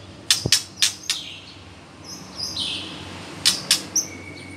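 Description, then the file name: White-rumped shama giving sharp dry clicks in short bursts, with a few faint high thin notes between them over a steady background hiss. Female bird. "murai batu betina"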